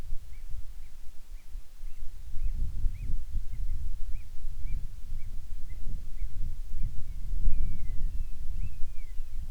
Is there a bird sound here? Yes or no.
yes